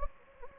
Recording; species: mosquito wingbeat signal from an infrared sensor; Anopheles gambiae